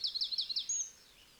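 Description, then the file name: Eurasian wren notes in a short, quick series of high chips followed by one brief, thin whistle. "Troglodytes troglodytes"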